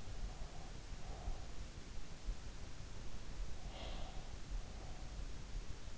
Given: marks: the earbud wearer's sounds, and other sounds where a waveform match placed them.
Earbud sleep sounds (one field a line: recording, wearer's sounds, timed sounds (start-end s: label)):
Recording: sounds in sleep by an in-ear microphone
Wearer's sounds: breath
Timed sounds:
0.12-1.64 s: breath
3.56-5.41 s: breath